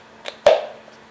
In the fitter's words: does this ufi so all you got to do is just press this in snaps